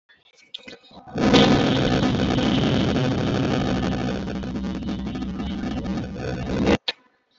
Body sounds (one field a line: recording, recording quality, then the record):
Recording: sustained vowel as in beet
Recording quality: poor, much background noise or distortion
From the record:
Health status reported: respiratory illness, not identified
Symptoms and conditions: asthma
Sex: male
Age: 36 years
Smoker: not ticked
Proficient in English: yes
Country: India